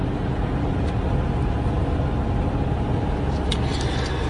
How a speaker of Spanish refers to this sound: Se hace la noche y nos dirigimos en el coche